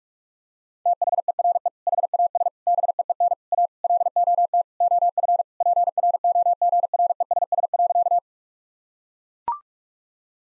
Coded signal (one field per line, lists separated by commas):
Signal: Morse code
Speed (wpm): 42 wpm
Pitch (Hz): 700 Hz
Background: none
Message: THERE HAS BEEN A LOT OF PROGRESS.